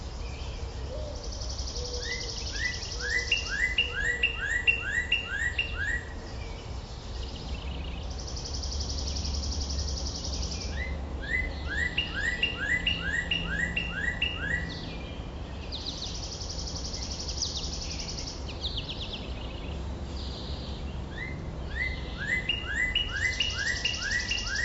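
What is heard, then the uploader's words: Dawn chorus with repeated bright chirping phrases recurring every few seconds, high insect-like buzzing, and a steady low rumble beneath throughout. Dawn Chorus With IPhone And MV88.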